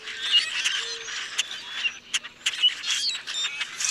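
Common grackles: harsh squeaky notes with sharp clicks and a high creaky squeal over a background of busy chatter.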